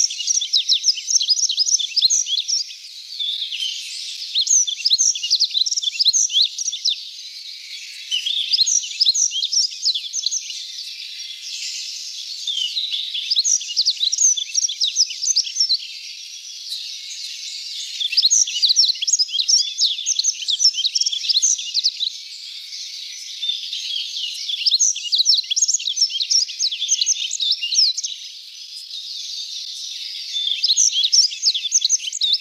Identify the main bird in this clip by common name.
Yellow-throated Bunting